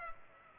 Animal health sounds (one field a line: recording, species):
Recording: mosquito wingbeat signal from an infrared sensor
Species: Culex pipiens